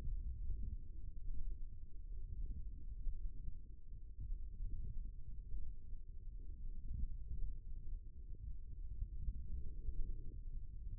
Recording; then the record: forearm muscle sounds (acoustic myography)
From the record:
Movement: wrist extension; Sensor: system 1, eight BSWA MPA416 microphones around the upper forearm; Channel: 2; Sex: male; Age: 18 years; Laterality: right